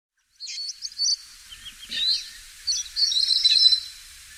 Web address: golosa ptic kak poyut popugai nerazlucniki agapornis. parrots agapornis-fischeri